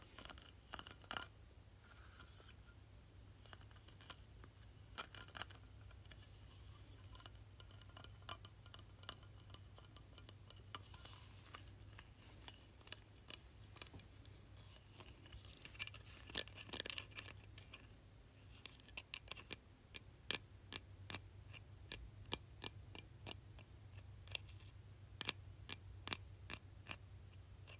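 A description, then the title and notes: Plastic trophy being tapped with sharp, light clicks that come in irregular bursts, busier between about 5 and 17 seconds and sparser, more spaced taps after 20 seconds. A low, steady hum runs underneath throughout. ASMR Tapping Plastic Trophy.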